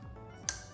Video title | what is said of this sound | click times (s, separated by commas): 2017-2019 BUICK ENCORE 1.4L Turbo - Service Bad Mass Air Flow Sensor (MAFS) and Air Filter | So let's go ahead and stick it on. And wait for the click. | 0.5 s